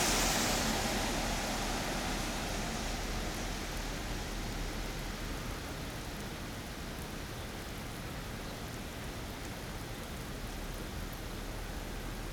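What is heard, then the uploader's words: A car passes on a rainy day, its hiss loudest at the start and easing off over the first few seconds. After that a dense, steady wash of rain and wet road noise fills the rest, with faint ticks of drops scattered through the higher range. Cars Passing on a Rainy Day.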